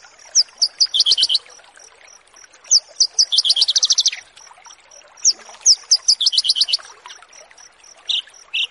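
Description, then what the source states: Horsfield's bush lark song: three runs of accelerating high chirps, each ending in a dense rattle, then two short isolated notes; a steady series of faint high ticks continues throughout. Bird-keeping song tutoring recording of a Horsfield's bush lark.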